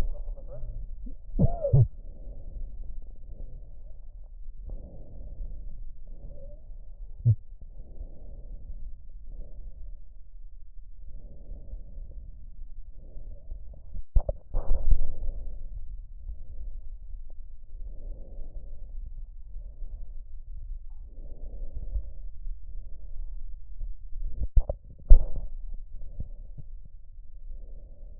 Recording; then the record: lung sounds by stethoscope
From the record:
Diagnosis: emphysema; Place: left posterior upper chest